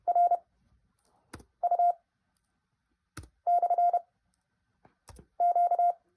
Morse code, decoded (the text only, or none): RU/Q